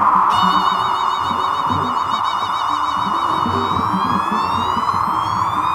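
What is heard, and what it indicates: Steady rushing band of noise with high, warbling test tones pulsing, audiometer signals played to match a patient's tinnitus, a rushing ear noise.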